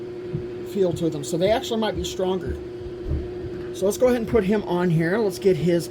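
A plastic arm is being handled and lined up with a buildable action figure's torso joint while someone talks over a steady low hum. Nothing has seated or clicked yet; the clip ends just before the arm goes home.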